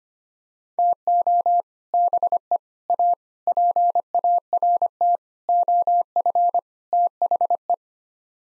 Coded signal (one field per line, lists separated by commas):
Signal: Morse code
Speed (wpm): 25 wpm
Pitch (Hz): 700 Hz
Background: none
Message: TO BE A PART OF THE